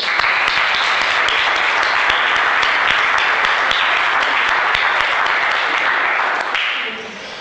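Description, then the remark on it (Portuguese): A crowd applauds to congratulate their absent president Xosé Badás, who changes marital status the next day; a steady, dense, loud wash of many hands clapping with scattered sharper claps, holding for about six seconds before thinning out and fading at the end. “Para él, que mañá cambia de estado civil, desexarlle moitos parabéns e un aplauso por desexo.”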